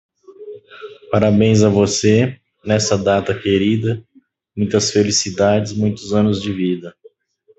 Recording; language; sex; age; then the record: short text; Brazilian Portuguese; male; 30 to 39 years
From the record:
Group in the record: control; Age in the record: 38 years